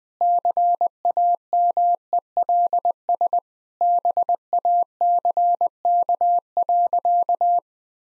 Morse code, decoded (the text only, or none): CAMELS BACK.